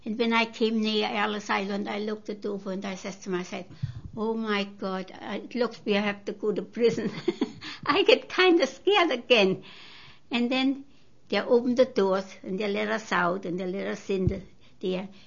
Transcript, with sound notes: And when I came near Ellis Island I looked it over and I says to myself, "Oh, my God, it looks we have to go to prison." ( she laughs ) I get kind of scared again. And then they opened the doors and they let us out, and they let us in there.